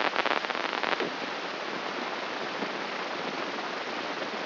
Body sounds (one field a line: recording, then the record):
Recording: brain microelectrode recording played as sound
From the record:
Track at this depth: outside the subthalamic nucleus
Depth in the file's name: 6.429 mm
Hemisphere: left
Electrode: 3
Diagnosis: Parkinson's disease